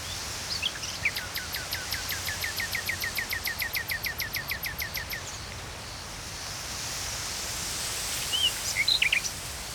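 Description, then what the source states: Common nightingale trill: a long, even series of many rapid whistled notes over about four seconds, followed by a pause and a few brief chirps. Recorded at Saint-Chamas, Provence-Alpes-Côte d'Azur, France, just before nightfall, with other birds present; line audio, MixPre-3 II recorder.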